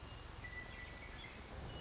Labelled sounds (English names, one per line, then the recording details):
Western Meadowlark
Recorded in Sonoma County, California